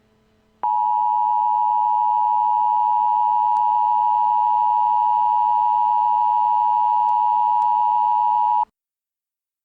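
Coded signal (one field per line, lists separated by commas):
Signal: Emergency Alert System (SAME) tones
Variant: 853 and 960 Hz attention tone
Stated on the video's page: Fictional EAS scenario made entirely as a joke.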